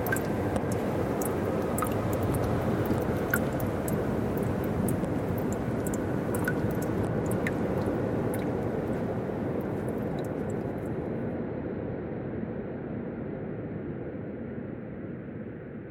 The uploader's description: An original field recording made on the shore with wind shear & various glitches incorporated, modified using filters, a touch of delay & reverb